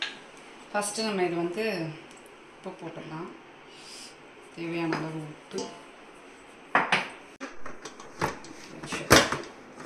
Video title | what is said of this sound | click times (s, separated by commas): GOOD NEWS🥰 HIS NEXT BIG STEP ❤ BLESS பண்ணுங்க / Evening Routine / New Stand mixer | ம் lock ஆயிடுச்சு இந்த மாதிரி கொடுத்திருக்காங்க இல்ல ஃபர்ஸ்ட் இந்த | 9.1 s